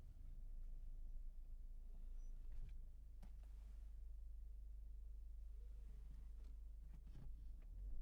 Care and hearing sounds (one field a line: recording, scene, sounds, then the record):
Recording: everyday scene through a hearing-aid microphone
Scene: in a vehicle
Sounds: engine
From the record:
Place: Berlingo II, diesel engine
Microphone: behind the ear, left, rear